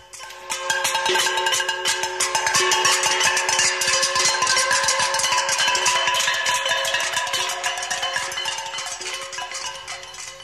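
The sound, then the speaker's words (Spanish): Metal frying pans, saucepans and pots being clashed together by a compact group of villagers, a dense, continuous clatter of metal striking metal, with many rapid, overlapping clangs and ringing tones, loud and busy throughout with no voices. “A su vez, los de Tañelotoche, en grupo compacto, respondían haciendo chocar cuantas sartenes, cacerolas y ollas de metal había en la aldea.”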